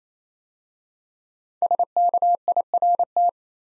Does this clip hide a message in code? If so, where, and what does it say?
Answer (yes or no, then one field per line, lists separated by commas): yes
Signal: Morse code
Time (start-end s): 1.6-3.3 s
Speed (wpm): 28 wpm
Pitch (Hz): 700 Hz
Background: none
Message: SKIRT